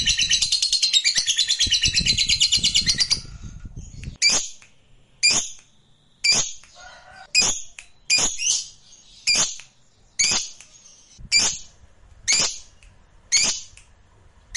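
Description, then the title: Lovebird song, a quick high chattering trill for three seconds, followed by sharp shrill chirps repeated about once a second. Fighter lovebird singing energetically (gacor). "SUARA Lovebird FIGHTER GACOR"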